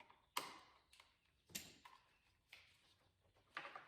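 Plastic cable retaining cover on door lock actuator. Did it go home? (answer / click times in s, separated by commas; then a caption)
yes / 0.4 s. A small black plastic retaining cover over the lower cable on a Toyota Camry rear door lock actuator is squeezed shut with pliers so it holds the cable in place. It snaps into place with a sharp click at 0.4 s, and the cover is seated. Several softer ticks and taps follow at about 1.6, 1.9, 2.5, 3.6 and 3.8 s.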